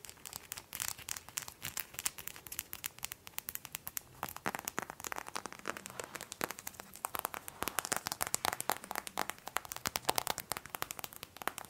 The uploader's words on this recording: ASMR for Charity Tapping and Scratching.